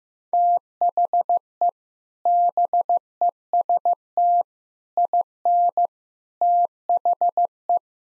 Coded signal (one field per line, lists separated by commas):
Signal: Morse code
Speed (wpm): 15 wpm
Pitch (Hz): 700 Hz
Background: none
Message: THE BEST IN THE